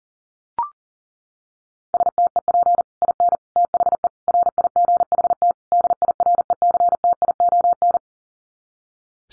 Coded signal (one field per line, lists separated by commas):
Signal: Morse code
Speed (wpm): 40 wpm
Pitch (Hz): 700 Hz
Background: none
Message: STEP IN THE RIGHT DIRECTION